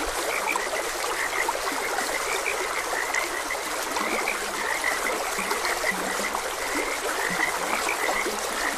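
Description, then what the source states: Continuous frog chorus of short, high croaks plus occasional deeper calls, heard above the steady wash of running water. Frogs croaking beside a gentle stream.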